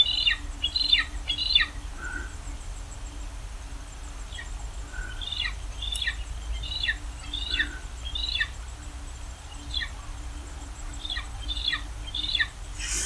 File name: Aquila Audax